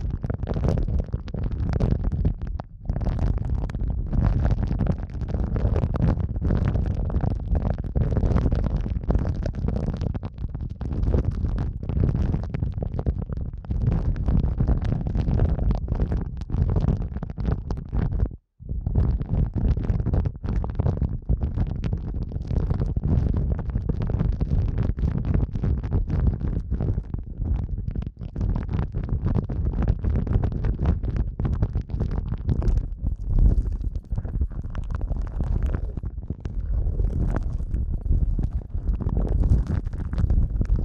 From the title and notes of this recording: ASMR Sensitive Eardrum Massage for People Who Can’t Tingle (No Talking).